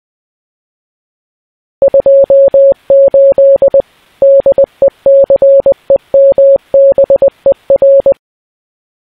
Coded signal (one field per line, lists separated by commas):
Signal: Morse code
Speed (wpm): 20 wpm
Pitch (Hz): 550 Hz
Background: none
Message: 28 DECEMBER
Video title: 28 December in Morse Code